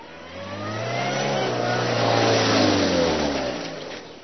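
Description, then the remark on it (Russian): A car engine hums steadily as the car is driven into a garage, its low harmonic tone rising and swelling in loudness, then easing off and fading at the end. “Кирилл загнал машину в гараж, запер на все замки и пошел к дому.”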